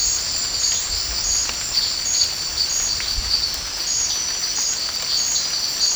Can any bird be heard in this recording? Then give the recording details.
no. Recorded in dense forest near Puerto Asís, Putumayo, Colombia, on 13 March 2025 at 22:30. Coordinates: 0.500, -76.322. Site GP06